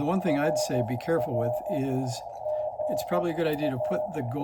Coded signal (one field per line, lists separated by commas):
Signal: Morse code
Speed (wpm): 13 wpm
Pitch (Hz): 610 Hz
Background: speech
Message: RR GA